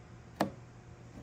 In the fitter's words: it in until you hear the click